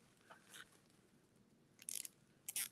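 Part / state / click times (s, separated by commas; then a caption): zip tie around bow loops / seated / 1.9 s, 2.5 s. A plastic zip tie is slid through its own head around the ribbon loops of a flipped-over bow, with faint rustling early on and then a burst of sharp ratcheting clicks. The clicks land at about 1.9 s and 2.5 s, showing the zip tie has latched and seated around the loops.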